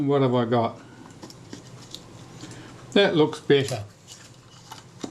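Someone talks while handling a repaired Retina IIa folding 35 mm camera, with faint metallic ticks and taps between the speech as the lens standard is worked on. The lens standard's struts have not yet locked open: nothing has seated or clicked yet when the clip ends.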